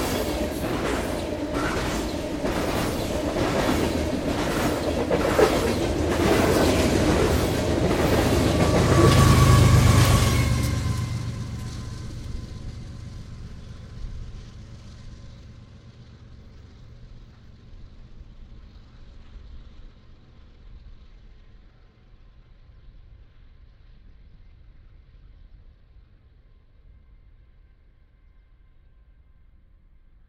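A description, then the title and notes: A long freight train rolls past, its wheels clattering in a steady rapid rhythm with a deep rumble underneath for the first ten seconds. Then the noise drops off quickly, leaving a fading low rumble and thin tones that trail into quiet. A long freight train recorded in Columbia Hills State Park, Washington, right on the Columbia Gorge. The trains here are frequent, long, running at full speed, and easily accessible to recording. ORTF: Røde nt5 pair recorder: SD702. Freight train - Columbia Hills State Park.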